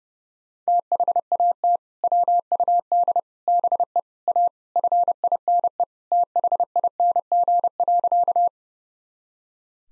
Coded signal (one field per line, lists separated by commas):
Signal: Morse code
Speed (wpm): 30 wpm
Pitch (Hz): 700 Hz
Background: none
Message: THAT WUD BE A FINE THING.